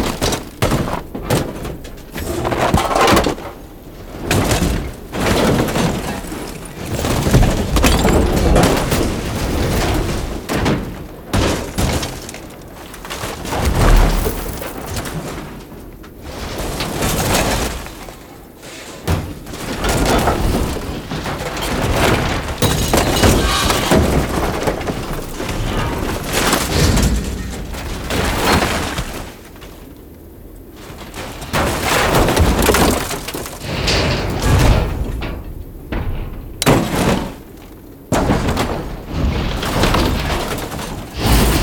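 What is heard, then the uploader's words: Metal debris clatters and crashes in dense, irregular bursts, with sharp impacts and swooshes throughout, pausing briefly around fifteen and thirty seconds. Metal Debris Sound Effects. 24-bit high definition. Metal debris, whooshes and impacts.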